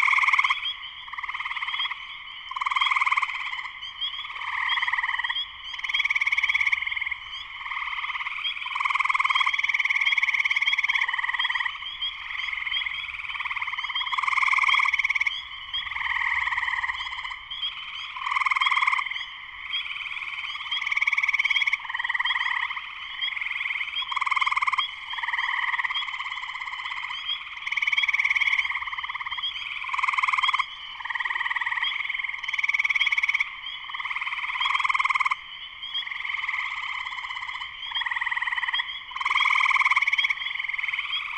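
Spring peepers call in a dense, unbroken chorus, their high, piercing peeps overlapping so thickly they form a steady shrill wall of sound. There are many frogs, with individual calls pulsing rapidly throughout, and only a faint low rumble beneath.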